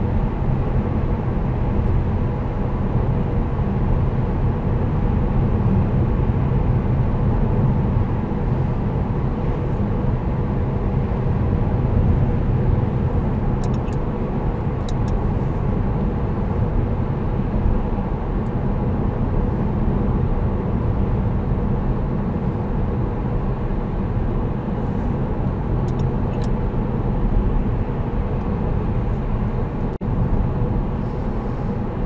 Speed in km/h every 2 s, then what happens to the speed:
86, 86, 86, 84, 83, 84, 84, 83, 81, 80, 78, 77, 76, 77, 77, 77.
0-32 slows to 77.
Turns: none.